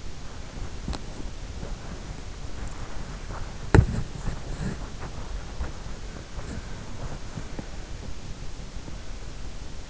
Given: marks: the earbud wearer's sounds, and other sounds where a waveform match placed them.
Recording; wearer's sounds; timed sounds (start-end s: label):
sounds in sleep by an in-ear microphone; body movement
0.00-8.47 s: body movement